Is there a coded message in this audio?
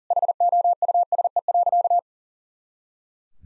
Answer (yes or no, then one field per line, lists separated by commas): yes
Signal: Morse code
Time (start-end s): 0.1-2.0 s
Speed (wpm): 40 wpm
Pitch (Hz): 700 Hz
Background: none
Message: HOUSE.